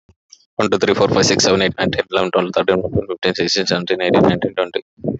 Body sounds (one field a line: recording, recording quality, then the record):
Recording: counting at a fast pace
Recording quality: moderate, slight background noise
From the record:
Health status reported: healthy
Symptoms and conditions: fever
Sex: male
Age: 27 years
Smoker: not ticked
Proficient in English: yes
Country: India